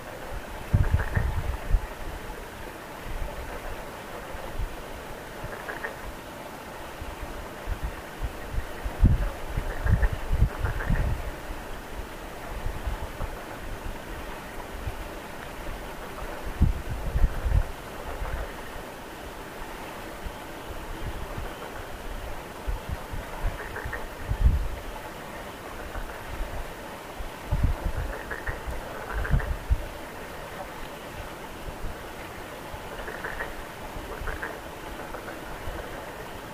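Frogs call in short, scattered bursts over a steady murmur, a croak every few seconds, sometimes two close together. A low rumble and soft wind-like thumps sit underneath throughout.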